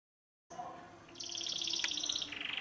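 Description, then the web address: Canary giving a short burst of quick, bright beaded trill notes after a soft warble, ending on a slightly lower trill. "Golchin Best Canari Seda Canari. Niyaz Music)"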